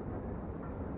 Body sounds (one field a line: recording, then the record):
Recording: background sound without coughing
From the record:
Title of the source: Train Ride Ambience ambient white noise for sleeping, focus, studying, reading